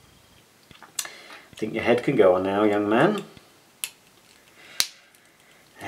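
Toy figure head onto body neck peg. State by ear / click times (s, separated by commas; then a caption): seated / 4.8 s. The plastic head of a Playmobil 5458 Man in Kilt toy figure (Series 6 blind bag) is pushed onto the neck peg of its body while someone talks. A sharp click at 4.8 s marks the head seating, after brief ticks around 1.0 s and 3.8 s.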